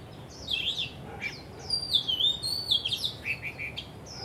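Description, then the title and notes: Birdsong of bright warbled whistles and thin high slurred notes, flowing almost without pause throughout over a steady soft hiss. Birds singing vigorously at Wu Kai Sha, Hong Kong, on 15 December 2006; recorded with AKG condenser microphones in XY stereo. "香港 烏溪沙 雀鳥勁唱歌 Date: 15 December 2006"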